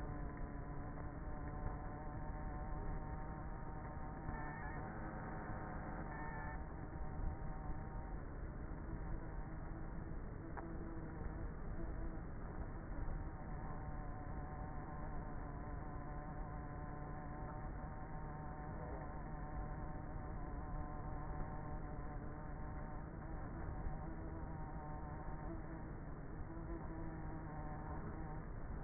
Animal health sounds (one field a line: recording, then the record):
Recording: honeybee colony, microphone inside the hive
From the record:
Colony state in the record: queenless with a low population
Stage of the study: before two queens were removed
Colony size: about 30,000 bees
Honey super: no